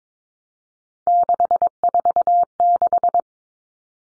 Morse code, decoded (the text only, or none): 646